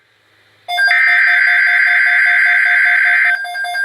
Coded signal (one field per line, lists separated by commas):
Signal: Emergency Alert System (SAME) tones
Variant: header bursts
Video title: Severe Thunderstorm Watch #128 (EAS #150)